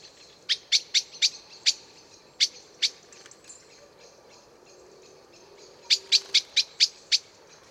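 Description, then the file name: Common blackbird calling with hard, metallic chinks in uneven bursts, five rapid notes, a few spaced singles, then a fast series of six near the end. "Turdus merula"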